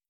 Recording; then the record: hydrophone in a shrimp aquaculture tank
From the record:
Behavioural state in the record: stressed